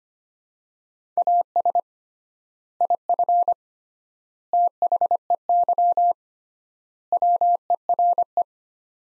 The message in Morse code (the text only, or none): AS IF THEY WERE